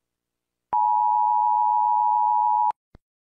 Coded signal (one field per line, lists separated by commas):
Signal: Emergency Alert System (SAME) tones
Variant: 853 and 960 Hz attention tone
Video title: Rating eas alarms